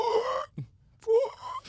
There's something that kids get called croup. They get this thing where they can't breathe, and they do like it almost sounds like a seal noise. And they cannot breathe properly. So it sounds like they're struggling. And they can't get breath in properly.